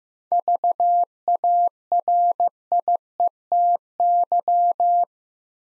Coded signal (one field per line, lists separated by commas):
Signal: Morse code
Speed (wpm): 15 wpm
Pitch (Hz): 700 Hz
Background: none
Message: VARIETY